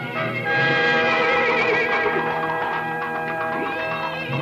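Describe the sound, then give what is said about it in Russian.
A horse on a St Petersburg street whinnies in one long, loud, wavering call, its harmonic pitch rising and falling before trailing off into a shaky, breathy end. “Перелетев шлагбаум, черт обратился в коня, и кузнец увидел себя на лихом бегуне посреди питерской улицы.”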